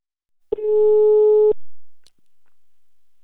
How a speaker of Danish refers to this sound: Lad os se, hvem vi har på linjen her. Nu ringer jeg op.